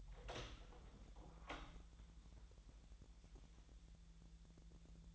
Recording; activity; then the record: daily activity, microphone in the room; open door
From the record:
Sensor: 3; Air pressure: 1001.3 hPa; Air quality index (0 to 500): 249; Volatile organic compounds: 171 ppm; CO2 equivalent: 4108 ppm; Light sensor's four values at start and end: 13/30/12/12 and 13/30/12/12